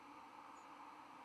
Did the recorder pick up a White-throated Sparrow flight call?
no